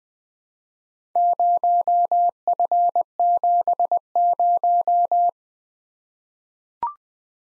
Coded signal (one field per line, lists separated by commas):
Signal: Morse code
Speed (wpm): 20 wpm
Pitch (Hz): 700 Hz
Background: none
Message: 0F70